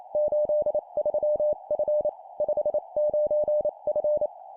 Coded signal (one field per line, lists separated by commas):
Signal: Morse code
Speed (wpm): 28 wpm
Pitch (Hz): 600 Hz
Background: none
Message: 83F 59F